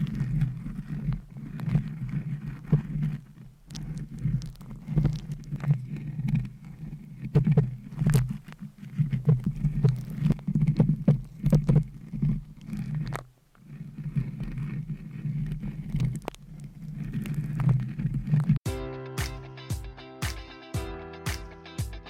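Dense, low scratching and brushing rubs on a microphone for most of the clip, briefly pausing near 13 seconds, then ends in rapid, regular tapping.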